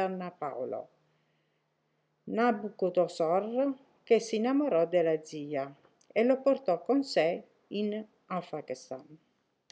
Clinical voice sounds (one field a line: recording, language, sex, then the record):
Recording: read passage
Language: Italian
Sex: female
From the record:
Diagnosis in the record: healthy control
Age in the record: 63 years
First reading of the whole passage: 70 s, 6.7 characters per second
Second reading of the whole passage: 71 s, 6.6 characters per second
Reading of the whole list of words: 45 s, 6.3 characters per second